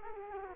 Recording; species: mosquito wingbeat signal from an infrared sensor; Culex quinquefasciatus